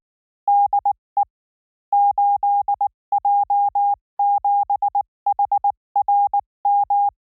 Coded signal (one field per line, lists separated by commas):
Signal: Morse code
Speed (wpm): 19 wpm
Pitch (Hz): 810 Hz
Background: none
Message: DE 8J7HRM